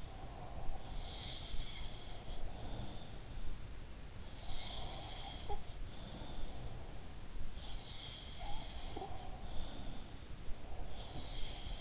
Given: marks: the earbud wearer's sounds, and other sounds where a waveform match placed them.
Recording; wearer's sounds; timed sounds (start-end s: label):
sounds in sleep by an in-ear microphone; breath
0.00-2.96 s: breath
0.87-3.28 s: sound from someone else or the room
4.15-6.71 s: sound from someone else or the room
7.50-11.81 s: sound from someone else or the room
9.14-11.81 s: breath